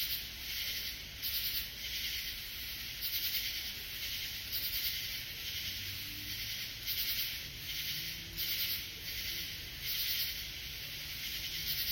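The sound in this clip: Katydid's grating rasps pulse on and off every second or two, with a continuous shrill hiss and faint low tones in the background.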